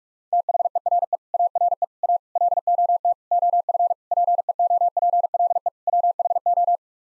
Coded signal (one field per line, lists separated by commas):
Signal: Morse code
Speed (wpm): 41 wpm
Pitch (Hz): 700 Hz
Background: none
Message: THERE ARE A LOT OF PEOPLE WHO